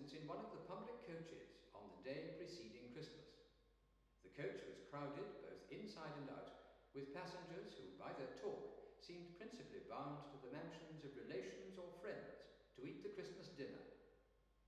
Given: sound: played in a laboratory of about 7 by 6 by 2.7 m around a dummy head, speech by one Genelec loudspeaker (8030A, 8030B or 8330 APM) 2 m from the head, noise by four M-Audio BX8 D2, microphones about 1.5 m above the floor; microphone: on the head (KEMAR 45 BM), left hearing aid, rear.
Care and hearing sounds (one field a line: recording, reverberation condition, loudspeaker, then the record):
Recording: male speech in English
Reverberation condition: high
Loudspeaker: 60 degrees to the left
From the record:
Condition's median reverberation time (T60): about 1300 ms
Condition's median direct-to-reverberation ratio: about -4.0 dB